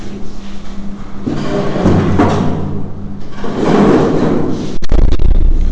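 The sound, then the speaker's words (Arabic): During a lesson, shuffling, rustling movement builds for several seconds, then a door is pushed shut with a sharp, solid knock and a brief rattle toward the end. “طول ما الباب مفتوح انت مش معايا.”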